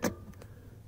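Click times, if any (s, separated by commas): none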